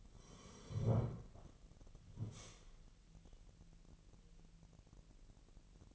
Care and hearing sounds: daily activity, microphone in the room; sit down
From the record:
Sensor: 4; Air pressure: 1002.7 hPa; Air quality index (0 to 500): 249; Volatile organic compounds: 34 ppm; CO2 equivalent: 3033 ppm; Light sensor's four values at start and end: 11/24/10/10 and 11/24/10/10

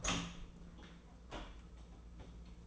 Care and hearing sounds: daily activity, microphone in the room; open door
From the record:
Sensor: 1

